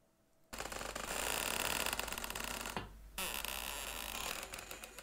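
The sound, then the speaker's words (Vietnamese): A door's dry, unoiled hinges creak loudly in two long, grinding stretches broken by a short pause, the harsh, scraping squeal trailing off into rattly ticks at the end. No one speaks. “Lão thở dài một hơi nặng nề, đang định quay về thì đột nhiên cánh cửa đằng sau lưng, tiếng bàn lề khô dầu vang lên ken két ken két.”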